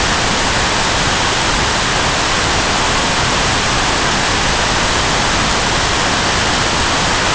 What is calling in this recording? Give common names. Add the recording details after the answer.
none. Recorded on Arctic tundra, site NAIT-1, on 25 June 2018. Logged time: 03:00